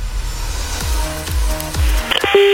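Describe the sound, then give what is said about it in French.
A phone number is dialed: a few short keypad tones sound in steady succession, each with a soft press, then a louder sustained dial tone closes the sequence. No one speaks. “On la rappelle encore un coup.”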